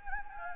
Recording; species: mosquito wingbeat signal from an infrared sensor; Anopheles gambiae